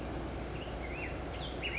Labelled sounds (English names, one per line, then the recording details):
Black-headed Grosbeak
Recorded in Sonoma County, California